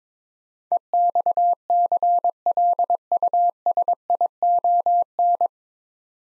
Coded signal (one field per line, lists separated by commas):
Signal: Morse code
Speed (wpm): 22 wpm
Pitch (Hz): 700 Hz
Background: none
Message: EXCLUSION